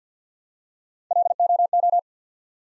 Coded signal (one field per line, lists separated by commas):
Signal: Morse code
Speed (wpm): 50 wpm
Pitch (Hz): 700 Hz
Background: none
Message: LOO